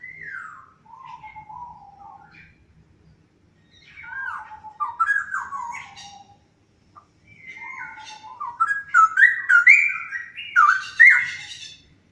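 Straw-headed bulbul song, loud rich bubbling warbled phrases sliding between low and higher notes, in three bursts separated by short pauses.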